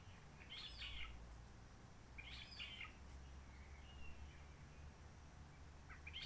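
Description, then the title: Réunion bulbul delivering a few short, slurred warbled bursts separated by pauses, with a low droning hum beneath. Roche Merveilleuse forest, Réunion; quiet since the 19 March 2020 lockdown, no hikers, microlights or helicopters; sunny blue-sky weather; birds not very active; song simpler, short phrases, adapted to past noise pollution. "Roche Merveilleuse, Réunion - Merle de lîle de la Réunion."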